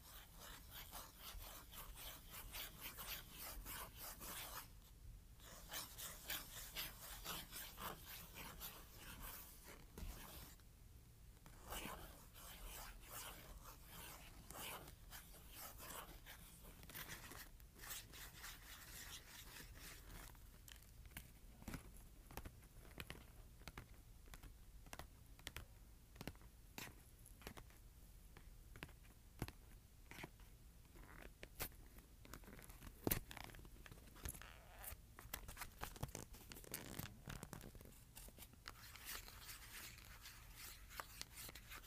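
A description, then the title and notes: Cardboard is scratched and tapped in a dense, uneven stream of dry rasps and quick clicks, with rubbing passages heavier in the first twenty seconds. Brief pauses near 5 and 11 seconds break the texture, and sharper taps stand out toward the end. ASMR Scratching and Tapping Cardboard.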